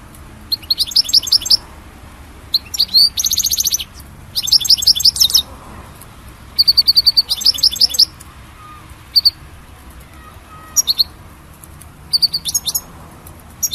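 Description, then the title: European goldfinch song: bursts of rapid, high tinkling and buzzy notes in twittering phrases separated by short pauses. "Chant Chardonneret"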